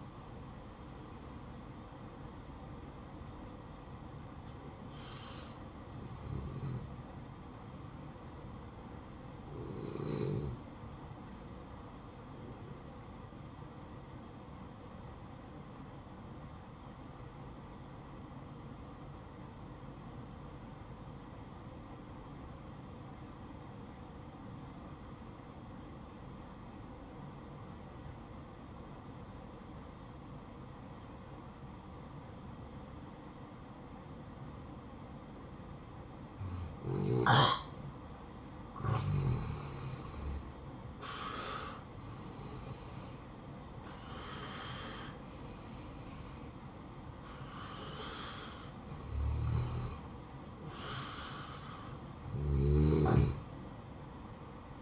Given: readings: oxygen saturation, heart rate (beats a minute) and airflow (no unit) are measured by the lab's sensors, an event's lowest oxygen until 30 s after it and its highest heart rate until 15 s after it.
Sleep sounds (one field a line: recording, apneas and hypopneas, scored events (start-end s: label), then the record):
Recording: breathing in sleep by a smartphone at the bedside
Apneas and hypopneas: 1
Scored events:
0.00-8.00 s: awake
4.00-54.81 s: new sleep stage, N1 (lightest sleep)
14.00-39.70 s: obstructive apnea (N1, oxygen 96% highest, then 88% lowest, heart rate 60 at the start, 64 highest)
From the record:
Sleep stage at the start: awake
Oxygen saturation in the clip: 86 to 96%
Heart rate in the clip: 57 to 65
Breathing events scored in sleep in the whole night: 573 in 9.8 hours asleep